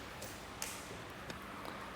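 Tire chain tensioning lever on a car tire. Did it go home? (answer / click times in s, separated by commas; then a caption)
yes / 0.6 s. The tensioning lever of a Konig Easy Fit snow tire chain, fitted on the front tire of a 2023 Toyota Highlander SUV, is pushed down by foot. It gives a sharp click at 0.6 s as it seats into place to tighten the chain down, followed by a fainter tick at 1.3 s over low background noise.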